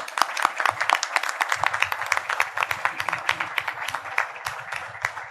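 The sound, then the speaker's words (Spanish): A crowd breaks into steady applause for the university communication coordinator, many hands clapping in a dense, crackling wash that holds at a fairly even level throughout, with a low murmur of voices underneath. “Yo quiero que le demos un aplauso a él porque...”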